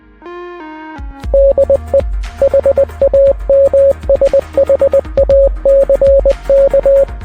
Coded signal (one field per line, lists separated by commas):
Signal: Morse code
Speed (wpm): 20 wpm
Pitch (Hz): 550 Hz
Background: music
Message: DE HAMSHACK